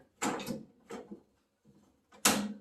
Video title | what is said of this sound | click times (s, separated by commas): How to assemble a two bin recycle unit with door attached | and you can hear that kind of clicks in place. | 2.3 s